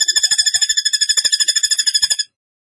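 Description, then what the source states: Bird trilling steadily in quick, even, high pulses for about two seconds before stopping abruptly. Masteran (training recording) of bird song in tembakan gacor style.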